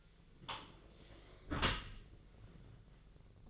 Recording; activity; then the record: daily activity, microphone in the room; close dishwasher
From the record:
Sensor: 4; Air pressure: 1001.3 hPa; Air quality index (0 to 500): 183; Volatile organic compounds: 2 ppm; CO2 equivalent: 1308 ppm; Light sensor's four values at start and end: 13/29/12/13 and 13/31/13/13